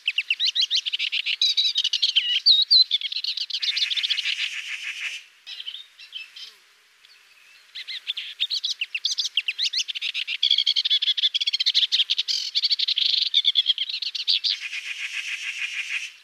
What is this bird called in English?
Sykes's Warbler